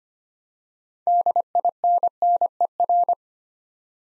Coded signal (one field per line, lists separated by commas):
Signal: Morse code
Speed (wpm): 25 wpm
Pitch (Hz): 700 Hz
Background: none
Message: DINNER